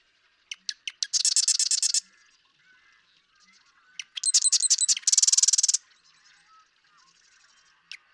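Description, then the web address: Marsh Wren song: a few sharp ticking notes, then a fast buzzy rattling trill, repeated about four seconds later with a mechanical stuttered phrase. "birdsongforthecurious Marsh Wren"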